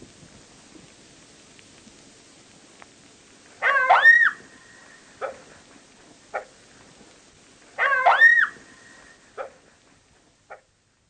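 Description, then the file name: Jackal calls in two bursts about four seconds apart, each a cluster of high looping cries trailed by single short yips. "zvuki shakala"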